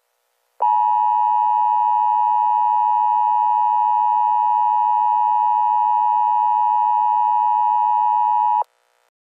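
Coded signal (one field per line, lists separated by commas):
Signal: Emergency Alert System (SAME) tones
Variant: 853 and 960 Hz attention tone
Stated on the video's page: Fictional EAS scenario of a Los Angeles earthquake, using valid EAS tones.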